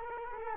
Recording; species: mosquito wingbeat signal from an infrared sensor; Culex quinquefasciatus